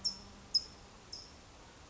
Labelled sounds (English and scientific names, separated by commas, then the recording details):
California Towhee (Melozone crissalis)
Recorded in Sonoma County, California